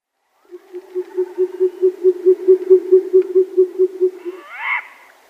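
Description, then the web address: Short-eared owl giving a long run of low, even hoots at a regular beat, followed by a short harsh squeal at the end. Male performing a flight display. "Schulze Peter Short-eared Owl"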